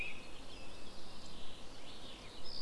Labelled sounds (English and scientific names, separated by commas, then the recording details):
Common Chaffinch (Fringilla coelebs)
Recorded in Germany
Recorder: ecoPi